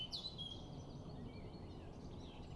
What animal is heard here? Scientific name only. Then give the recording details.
Sylvia atricapilla. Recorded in Germany. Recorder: ecoPi